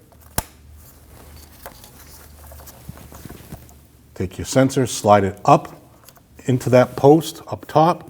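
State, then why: Seated. A wiring harness connector is pushed onto a new crankshaft position sensor for a 2013-2019 Ford Escape 1.5L L4, before the sensor is mounted. A sharp, loud, short click at 0.4 s shows the connector seating, followed by faint handling noises. Later, someone talks.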